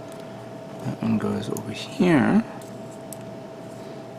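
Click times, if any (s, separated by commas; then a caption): 3.1 s. A plastic side skirt armor piece from a 1/144 scale HG Gundam G40 model kit is pressed onto the kit's waist while someone talks. A single sharp plastic snap is heard at 3.1 s as the piece snaps into place, seated.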